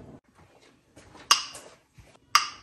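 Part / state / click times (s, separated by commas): metal canning lid on a glass jelly jar / seated / 1.3 s, 2.4 s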